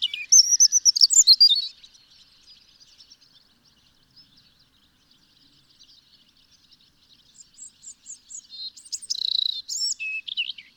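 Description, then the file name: European robin delivering a bright, warbling phrase, then a faint high twitter, then another phrase of thin whistles and quick descending notes. "Erithacus rubecula"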